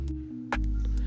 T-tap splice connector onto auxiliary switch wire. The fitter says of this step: Make sure you get it on there, and then make sure you use pliers and you hear the snap.